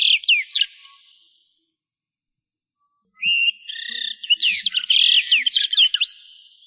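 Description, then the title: Bird chirping in quick, high, twisting notes: a short burst at the start, a pause, then a dense run of varied sweeping chirps. "LuckyPassaros CompletosSama"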